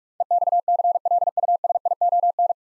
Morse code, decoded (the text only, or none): EXCLUSION